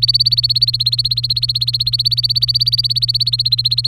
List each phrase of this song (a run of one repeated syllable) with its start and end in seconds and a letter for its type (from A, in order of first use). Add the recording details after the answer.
0.00-3.87 A. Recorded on 23 April 2018 at 15:01. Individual llb3